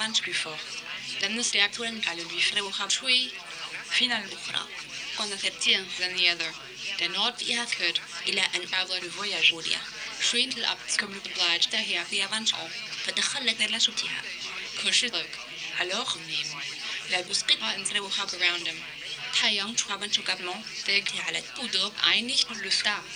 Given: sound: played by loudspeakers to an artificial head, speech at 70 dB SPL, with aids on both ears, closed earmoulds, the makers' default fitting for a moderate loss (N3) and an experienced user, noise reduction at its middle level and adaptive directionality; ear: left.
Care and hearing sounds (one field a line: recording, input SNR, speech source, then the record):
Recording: speech test signal (ISTS) in cocktail-party noise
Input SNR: +9 dB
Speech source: in front (0 degrees)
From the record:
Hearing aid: class 2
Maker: A